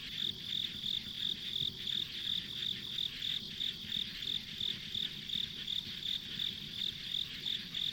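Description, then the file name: Insects chirping, bright high pulses about three times a second, evenly repeated, with a faint low rumble underneath. Insects recorded as ambient sound on a country road. "田舎道の虫の環境音"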